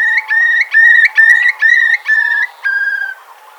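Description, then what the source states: Eurasian curlew bubbling call: loud, evenly spaced whistled notes, each with a slight upward lilt, ending in one long drawn-out whistle that trails off. A curlew's famous eerie call, to be heard at estuaries; World Curlew Day 2020.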